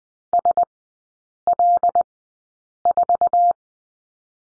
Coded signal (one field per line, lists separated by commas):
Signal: Morse code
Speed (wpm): 20 wpm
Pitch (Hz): 700 Hz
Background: none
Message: SL4